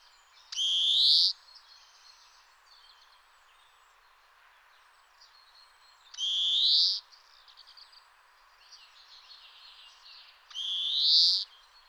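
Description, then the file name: European greenfinch calls: three drawn-out, nasal wheezes rising in pitch, each under a second, several seconds apart, with faint soft twittering in the gaps. "Chloris chloris"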